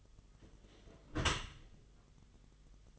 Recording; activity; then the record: daily activity, microphone in the room; close dishwasher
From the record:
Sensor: 4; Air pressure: 1005.5 hPa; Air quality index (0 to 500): 105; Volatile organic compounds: 2 ppm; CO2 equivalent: 1299 ppm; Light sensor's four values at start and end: 11/25/10/10 and 12/26/10/10